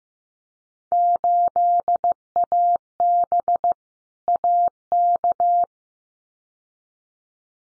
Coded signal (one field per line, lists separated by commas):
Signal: Morse code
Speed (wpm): 15 wpm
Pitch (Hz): 700 Hz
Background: none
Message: 8AB AK